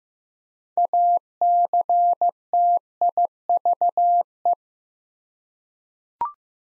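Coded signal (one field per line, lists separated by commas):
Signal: Morse code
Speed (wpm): 15 wpm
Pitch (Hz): 700 Hz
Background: none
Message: ACTIVE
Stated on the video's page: Practice drill of 6-letter words at 15 wpm; first letters spoken, word sent in Morse, spoken, then sent again.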